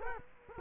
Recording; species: mosquito wingbeat signal from an infrared sensor; Culex quinquefasciatus